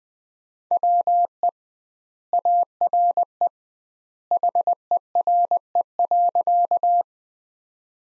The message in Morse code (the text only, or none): WE ARE HERE.